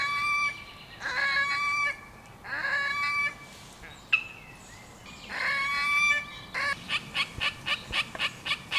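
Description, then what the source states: Red-necked grebe giving loud, braying, nasal wails in drawn-out bursts, then a run of short rhythmic notes about four per second toward the end. At Wellesweiher near Kosbach, 25 June 2013.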